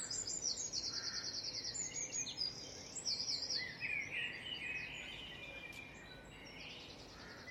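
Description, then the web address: Dawn chorus of birds, with loud buzzy trills and chirps over the first half, thinning to fewer, softer songs later; a low hum runs throughout. "birds singing dawn chorus birdsong"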